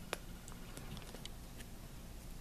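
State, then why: Seated. A latex-covered plastic wing is pressed into a plastic bat skeleton body and gives a sharp, short snap at 0.1 s as it seats. A few fainter ticks follow over a low, steady background hiss.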